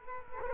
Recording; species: mosquito wingbeat signal from an infrared sensor; Culex quinquefasciatus